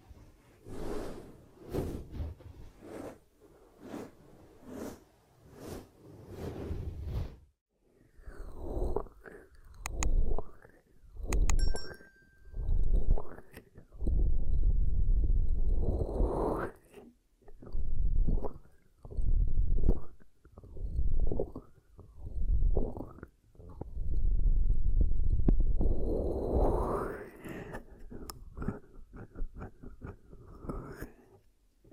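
Ear cupping sounds: muffled, low whooshing swells as hands cover and lift away. For the first seven seconds the pulses come quickly and regularly, then they slow into longer, rising rushes that come about every second or two, with faint clicks between them.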